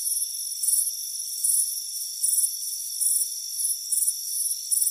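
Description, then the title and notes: Cricket chirps in short shrill bursts roughly twice a second, above a constant thin ringing trill. Crickets chirping on a warm afternoon, heard from a front porch. "Soothing Crickets Chirping Sound. It's a warm afternoon as you relax in a hammock on the front porch. Relax and fall asleep to the soothing sound of chirping crickets. Deep Sleep Sounds"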